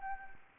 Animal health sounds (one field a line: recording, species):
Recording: mosquito wingbeat signal from an infrared sensor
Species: Anopheles gambiae